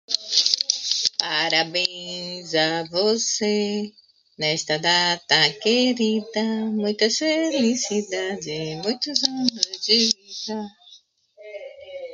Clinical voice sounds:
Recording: short text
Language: Brazilian Portuguese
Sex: female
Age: 40 to 49 years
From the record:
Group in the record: control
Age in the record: 42 years

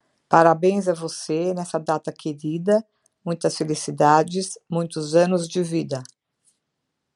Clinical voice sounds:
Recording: short text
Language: Brazilian Portuguese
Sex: female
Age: 50 to 59 years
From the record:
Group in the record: control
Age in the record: 58 years

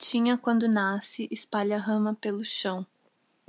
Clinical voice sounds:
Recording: short text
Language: Brazilian Portuguese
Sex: female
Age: 20 to 29 years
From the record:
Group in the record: control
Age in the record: 24 years

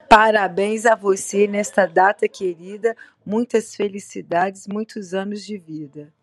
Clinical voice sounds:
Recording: short text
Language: Brazilian Portuguese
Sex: female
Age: 50 to 59 years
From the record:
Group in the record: control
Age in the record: 52 years

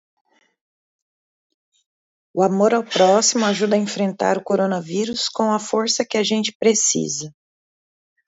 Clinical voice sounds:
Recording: spoken sentence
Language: Brazilian Portuguese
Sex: female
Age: 40 to 49 years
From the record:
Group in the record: control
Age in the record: 42 years

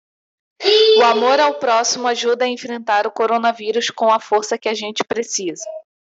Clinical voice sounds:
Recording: spoken sentence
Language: Brazilian Portuguese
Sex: female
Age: 30 to 39 years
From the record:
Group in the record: control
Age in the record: 32 years

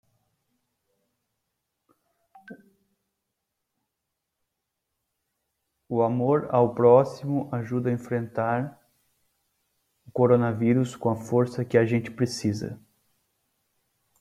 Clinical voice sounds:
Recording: spoken sentence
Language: Brazilian Portuguese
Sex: male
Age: 30 to 39 years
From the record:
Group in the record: control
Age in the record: 34 years

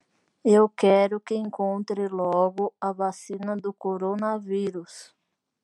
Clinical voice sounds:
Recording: short text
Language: Brazilian Portuguese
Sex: female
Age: 40 to 49 years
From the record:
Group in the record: control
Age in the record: 43 years

